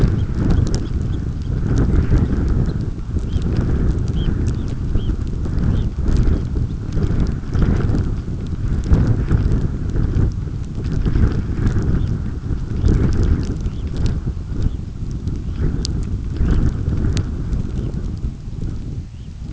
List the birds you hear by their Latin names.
Phalaropus fulicarius